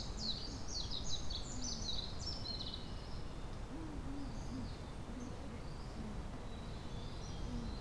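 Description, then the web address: Tit calls: a quick burst of thin, high, down-slurred notes in the first three seconds, then only faint scattered high notes over steady low background noise. Recorded on 27 April 2024. "kotorinomori kotori tit alley"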